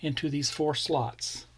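A small window piece of a 1:8 scale metal Volkswagen T1 Samba Camper Van model is being handled toward four slots in the body panel while someone talks. Nothing has seated or clicked yet; the clip ends just before the window snaps in flush.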